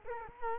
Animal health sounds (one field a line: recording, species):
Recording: mosquito wingbeat signal from an infrared sensor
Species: Culex quinquefasciatus